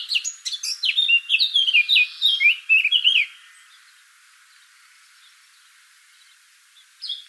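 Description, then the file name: Eurasian blackcap song, a quick jumbled warble of high, sweet notes for about three seconds, then quiet with one short note near the end. "Sylvia atricapilla"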